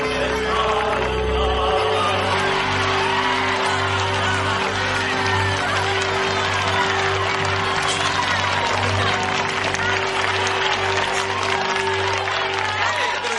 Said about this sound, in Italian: tocca finalmente terra, scatta un lungo applauso e un canto popolare.